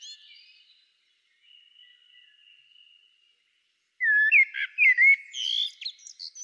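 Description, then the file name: Common blackbird: a thin, steady high whistle, then after a pause loud, fluty warbled phrases trailing into softer twittering. "Turdus merula"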